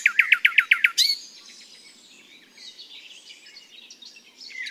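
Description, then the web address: Common nightingale song: a quick series of loud, evenly spaced swooping notes, then a faint jumble of soft twittering. "SETE data Luscinia megarhynchos"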